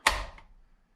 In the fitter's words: makes that nice click goes in pulls right out